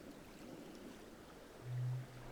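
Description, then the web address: Rorqual call heard once near the end: a brief, flat, deep tone after a stretch of dull underwater rumble and hiss. Recorded in Norway on 19 December 2022 at 04:54. "college France rorqual Norvege"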